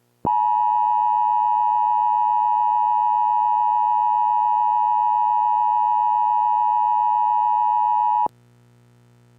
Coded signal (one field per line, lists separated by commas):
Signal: Emergency Alert System (SAME) tones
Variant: 853 and 960 Hz attention tone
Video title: EAS Mock: Nuclear strike during snowstorm